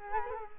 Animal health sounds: mosquito wingbeat signal from an infrared sensor; Culex quinquefasciatus

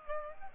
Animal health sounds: mosquito wingbeat signal from an infrared sensor; Aedes aegypti

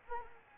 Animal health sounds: mosquito wingbeat signal from an infrared sensor; Anopheles arabiensis

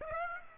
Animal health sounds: mosquito wingbeat signal from an infrared sensor; Aedes aegypti

